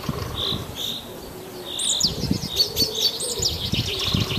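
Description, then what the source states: Short high whistled bird notes and chirps with a low hum and soft cooing, then louder rustling thumps in the second half. Birdsong in a forest.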